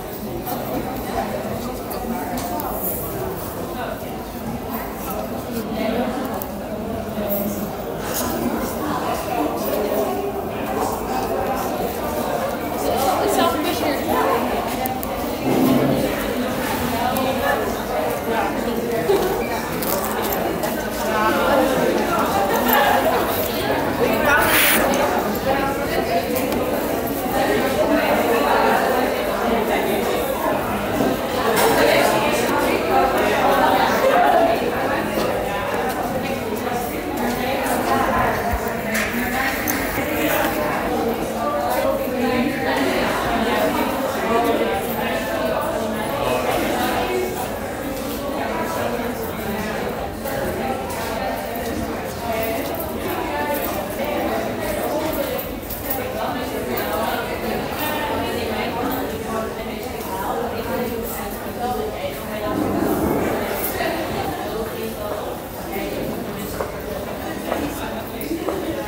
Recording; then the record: background sound without coughing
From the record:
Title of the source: 40 min - Ambience sounds UNIVERSITY lunchroom chatting